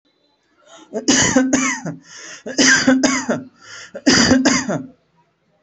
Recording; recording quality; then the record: heavy voluntary cough; excellent, no background noise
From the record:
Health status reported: healthy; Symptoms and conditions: asthma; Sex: male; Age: 31 years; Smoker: not ticked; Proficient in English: yes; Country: India